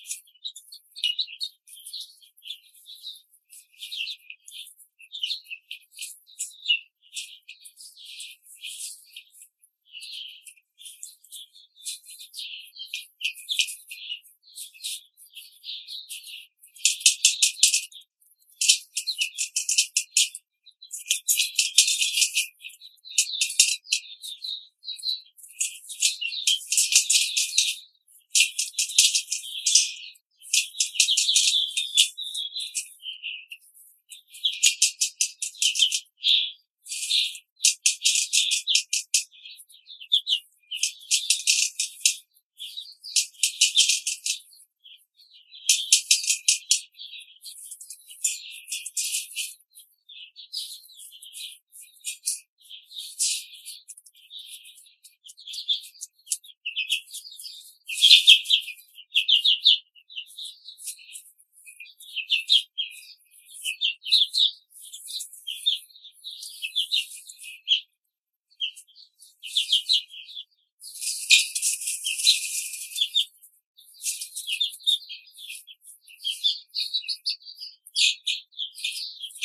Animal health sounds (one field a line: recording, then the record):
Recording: young laying hens in a cage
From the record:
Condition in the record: control cage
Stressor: none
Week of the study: 5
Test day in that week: 1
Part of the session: 2